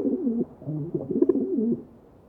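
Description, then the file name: Rock pigeon giving a burbling, rolling coo in several phrases, then falling quiet. "John Neville - Rock Pigeon"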